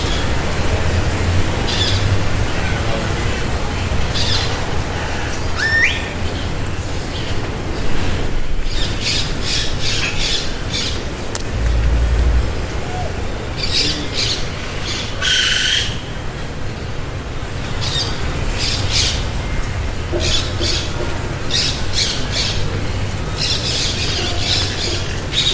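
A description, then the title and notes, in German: Birds sing evening songs in bursts of bright, repeated chirps and squawks over a steady low rumble, with a rising whistle near five seconds. Abendstimmung am Pazifik.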